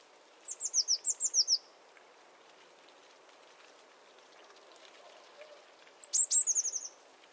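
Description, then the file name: Eurasian blue tit giving two high, descending trills of rapid notes, the first near the start and the second about five seconds later, over faint background hiss. "Cyanistes caeruleus"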